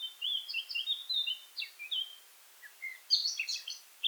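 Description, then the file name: Eurasian blackcap warbling: short groups of thin, quick notes with gaps between them, ending in a brighter burst of rapid twittering. "Sylvia atricapilla"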